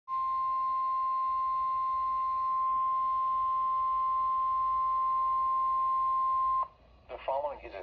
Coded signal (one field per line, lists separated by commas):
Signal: Emergency Alert System (SAME) tones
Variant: 1050 Hz attention tone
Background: speech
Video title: (EAS #84-85) LOT and their ✨marine warnings✨